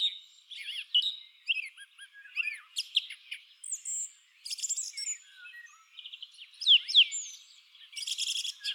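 Song thrush singing: mixed high phrases of downslurred whistles, buzzy rattling bursts and sharp chips, broken by brief silences.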